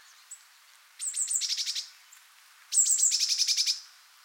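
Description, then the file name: Eurasian blue tit calling twice: a few very high thin notes run straight into a fast chatter, each burst lasting about a second. "Cyanistes caeruleus"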